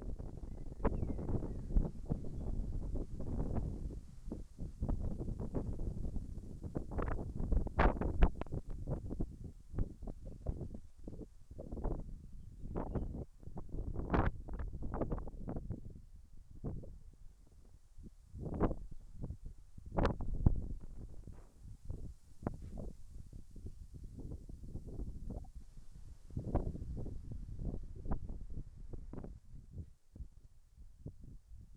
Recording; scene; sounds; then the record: everyday scene through a hearing-aid microphone; wind on the microphone; wind, whistling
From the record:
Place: in front of a rural house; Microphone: behind the ear, right, rear